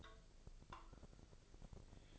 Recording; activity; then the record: daily activity, microphone in the room; take from stove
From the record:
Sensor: 5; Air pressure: 999.5 hPa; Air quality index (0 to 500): 220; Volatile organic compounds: 20 ppm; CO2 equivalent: 2686 ppm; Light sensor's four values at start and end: 30/67/28/27 and 30/67/28/27